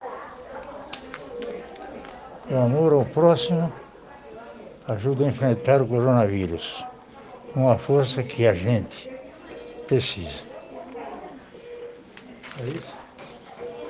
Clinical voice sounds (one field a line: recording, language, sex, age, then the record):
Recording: spoken sentence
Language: Brazilian Portuguese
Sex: male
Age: 70 to 79 years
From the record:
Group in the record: respiratory insufficiency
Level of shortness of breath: 5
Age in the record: 76 years